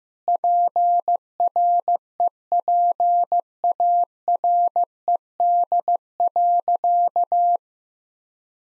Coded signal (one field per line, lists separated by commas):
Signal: Morse code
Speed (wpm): 16 wpm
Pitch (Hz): 700 Hz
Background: none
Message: PREPARED.